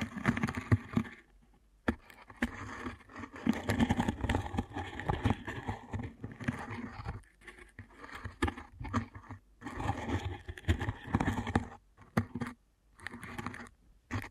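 Ear canal massage sounds: dense, muffled rubbing and squishing with soft crackles that run in bursts of a few seconds. Short silent gaps fall near 2, 7, 9, 12 and 13 seconds. The pressing textures are mostly low and thick, with some brighter crackle on top.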